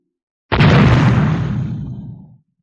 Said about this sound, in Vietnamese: Một viên đạn pháo đường kính trên 100mm điên cuồng bắn vào trận địa tuyến đầu. Trên phạm vi lục địa, cách căn cứ thủy vực đại khái là 200m, quả thực trở thành một biển lửa.